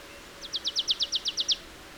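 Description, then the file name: Marsh tit uttering a quick string of ten clipped, high down-slurred notes, evenly spaced, against a faint steady background hiss. "Poecile palustris"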